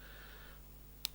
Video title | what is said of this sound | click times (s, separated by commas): Xray X1 build series part 7. Ball diff and rear axle | once you hear click you know it's in all the way | 1.1 s